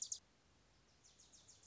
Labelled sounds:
Wilson's Warbler (Cardellina pusilla)
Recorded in Sonoma County, California

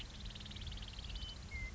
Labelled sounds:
Western Meadowlark (Sturnella neglecta)
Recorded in Sonoma County, California

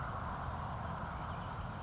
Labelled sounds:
California Towhee (Melozone crissalis)
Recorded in Sonoma County, California

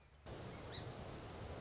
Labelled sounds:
Song Sparrow (Melospiza melodia)
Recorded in Sonoma County, California

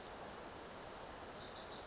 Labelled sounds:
Wilson's Warbler (Cardellina pusilla)
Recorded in Sonoma County, California

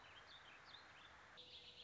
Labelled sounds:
Warbling Vireo (Vireo gilvus)
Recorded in Sonoma County, California

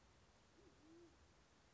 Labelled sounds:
Band-tailed Pigeon (Patagioenas fasciata)
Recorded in Sonoma County, California

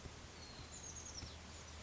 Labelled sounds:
Oak Titmouse (Baeolophus inornatus)
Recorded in Sonoma County, California

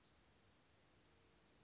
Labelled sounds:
Western Flycatcher (Empidonax difficilis)
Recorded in Sonoma County, California

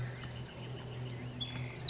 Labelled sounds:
Bewick's Wren (Thryomanes bewickii)
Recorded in Sonoma County, California

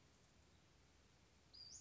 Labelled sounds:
Western Flycatcher (Empidonax difficilis)
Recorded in Sonoma County, California

